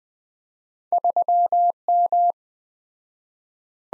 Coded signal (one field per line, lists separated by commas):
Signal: Morse code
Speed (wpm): 20 wpm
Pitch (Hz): 700 Hz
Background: none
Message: 3M